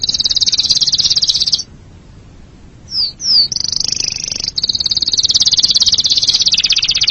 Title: Suara Kenari